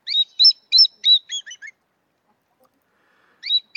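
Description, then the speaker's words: Common Black Hawk call: a quick series of about seven high, thin piping notes, then a pause before the series starts again. Bird of the southwestern United States that migrates to habitat along rivers and creeks in the low and high deserts. "right there, that's the call of the common blackhawk."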